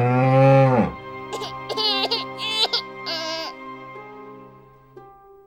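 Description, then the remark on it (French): An ox in a small stable with fresh straw, beside a donkey, gives one long, deep, loud low, followed by softer droning tones and a few brief, brighter bursts that fade away. “sur la paille fraîche, entre un âne et un bœuf attendri, Marie met au monde son petit garçon”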